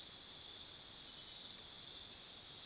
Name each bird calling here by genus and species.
none